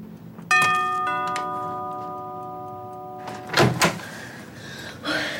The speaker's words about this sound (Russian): Он очень недоволен звонком в дверь.